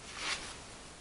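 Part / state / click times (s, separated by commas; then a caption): battery into laptop battery bay / not seated / none. A battery is slid against its tabs into a Dell laptop's battery bay, making a soft, broadband scraping rustle that swells around 0.3 s and then fades to a low hiss. Nothing has seated or clicked yet.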